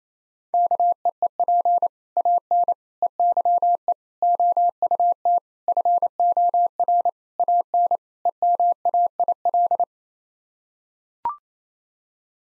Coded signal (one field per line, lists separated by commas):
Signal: Morse code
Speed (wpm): 27 wpm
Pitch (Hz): 700 Hz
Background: none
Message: KEEP AN EYE OUT FOR AN EMAIL